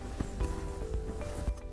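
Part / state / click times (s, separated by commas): plastic top closeout tray into truck center console / not seated / none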